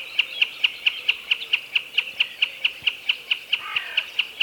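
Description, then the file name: Common snipe calling: a steady series of sharp, clipped notes, evenly spaced throughout. "Watersnip Gallinago gallinago"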